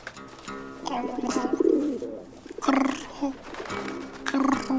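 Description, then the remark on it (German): Low, throaty pigeon cooing comes in three rolling bursts, each a wavering burble of soft hoots, with brief quieter gaps between them. “Gurrende Glückseligkeit.”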